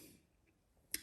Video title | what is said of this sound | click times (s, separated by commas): Milwaukee Electric Tool 48-22-8424 Pack out Tool Box | as you can see and it kind of locks into place | 0.9 s